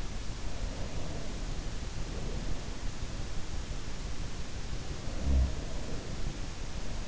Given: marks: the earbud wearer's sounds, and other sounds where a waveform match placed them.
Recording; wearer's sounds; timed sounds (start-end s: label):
sounds in sleep by an in-ear microphone; breath
0.59-2.91 s: breath
4.56-6.28 s: sound from someone else or the room